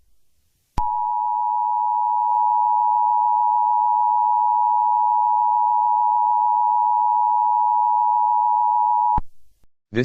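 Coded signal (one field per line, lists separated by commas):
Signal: Emergency Alert System (SAME) tones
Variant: 853 and 960 Hz attention tone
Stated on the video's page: Fan-made fictional EAS scenario, not a real alert.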